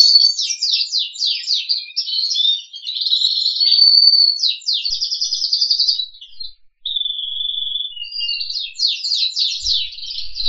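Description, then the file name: Crested canary singing rapid down-slurred trills and steady whistled notes, with a short pause midway. "audio kenari jambul"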